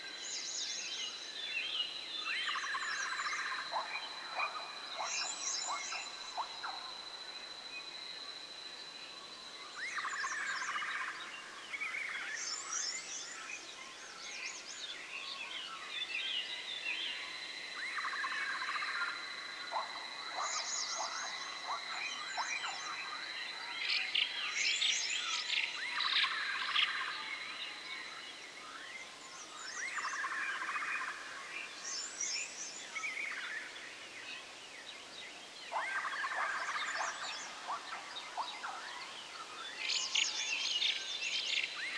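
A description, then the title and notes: A forest ambience of repeated bird song phrases and chirps, mid-pitched and bright, recurring every few seconds over a steady quiet hiss. Enchanted Forest Ambience.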